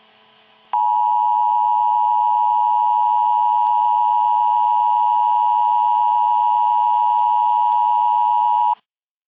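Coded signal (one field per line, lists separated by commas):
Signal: Emergency Alert System (SAME) tones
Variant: 853 and 960 Hz attention tone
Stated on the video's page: Fictional EAS scenario based on the Hearts of Iron IV mod Kaiserreich, depicting resumed war.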